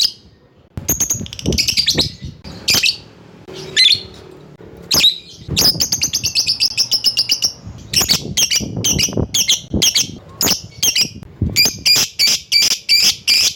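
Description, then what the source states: Lovebird calls, shrill high chirps and squawks in rapid bursts and series, some clustered strings of sharp notes. Lovebird calling to a rival.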